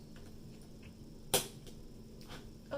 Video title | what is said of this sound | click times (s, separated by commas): LEGO FRIENDS: CENTRAL PERK LIVE!!! | Got it snapped in. | 1.3 s